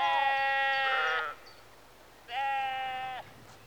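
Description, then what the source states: Sheep bleating: two long bleats rich in harmonics, with a quiet pause between them. Sheep recorded outdoors in a rural setting in the early evening, from mid-close range.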